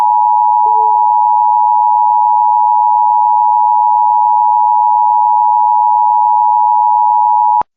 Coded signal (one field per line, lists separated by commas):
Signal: Emergency Alert System (SAME) tones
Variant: 853 and 960 Hz attention tone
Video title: Arizona silver alert EAS #4